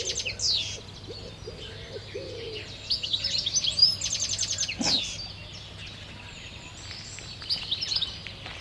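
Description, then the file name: Canary song, bright high chirps and short trills in uneven bursts, with a few lower rounded notes early on and a sharp click midway. "Canary Voice"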